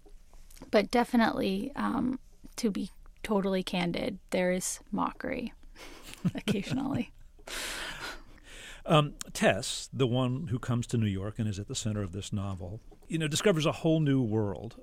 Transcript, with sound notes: But definitely, to be totally candid, there is mockery, occasionally.
(Laughter) Tess, the one who comes to New York and is at the center of this novel, you know, discovers a whole new world